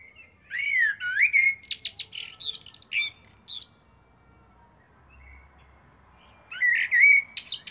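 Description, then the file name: Common blackbird singing a mellow fluted warble that breaks into high squeaky twittering, then a quiet gap of about three seconds before the next phrase begins. "Turdus merula"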